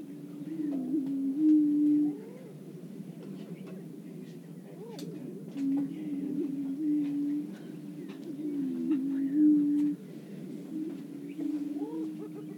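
Greater prairie-chickens produce several low moaning booms of about a second each, repeated every few seconds over soft background cackling.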